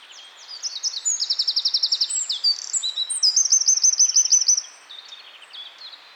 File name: Troglodytes troglodytes